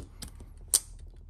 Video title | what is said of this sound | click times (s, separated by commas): Das beste Survival-Koch-Set! Becher, Kocher und Gaskartusche in einer Pouch. Leicht & handlich! | hört ihr es klicken und schon ist es befestigt und dicht. | 0.7 s